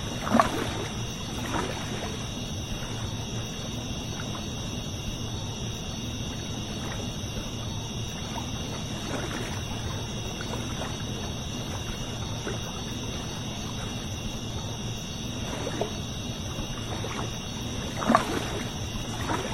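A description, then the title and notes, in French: A river murmurs steadily in the evening while crickets keep up a constant, high, even chirring over it. The water sound is a low, continuous wash. A few brief knocks or splashes stand out near the start and around 9, 16 and 18 seconds. Rivière & grillons le soir. Le murmure apaisant d'une rivière et le chant mélodieux des grillons le soir. Le bruit d'une rivière qui s'écoule doucement et les stridulations des grillons.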